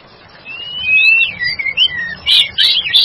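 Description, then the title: White-rumped shama song, a long sliding whistle falling in steps, then a burst of loud, sharp, high notes. "murai batu"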